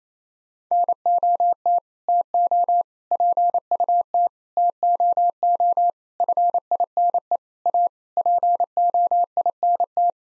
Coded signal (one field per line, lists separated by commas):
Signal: Morse code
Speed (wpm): 28 wpm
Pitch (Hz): 700 Hz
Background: none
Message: NOT TO PUT TOO FINE A POINT